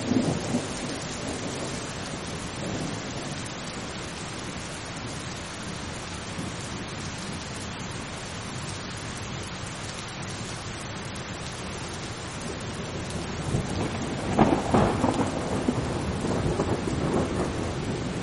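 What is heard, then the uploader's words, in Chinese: Steady, dense rain hisses evenly throughout, with a low rumble of thunder swelling around fourteen to sixteen seconds before settling back. 助眠雷雨声：平静的雨。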